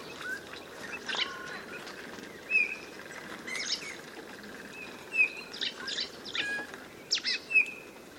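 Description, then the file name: Eurasian bullfinch uttering a few short, pure whistled notes spaced well apart, with other birds chirping in the background. "Pyrrhula pyrrhula"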